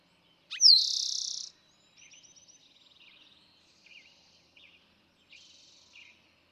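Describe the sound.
Eastern towhee gives one song, a quick note then a fast ringing trill, followed by quieter scattered bird notes and a brief rapid series of chips.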